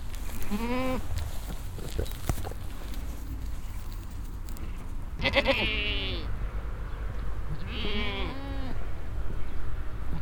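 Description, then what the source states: Goats bleating, three wavering, nasal bleats spaced a few seconds apart over a steady low rumble of traffic. Group of goats in a roadside corral on a meadow at Roder, bleating and eating grass, with passing traffic in the distance.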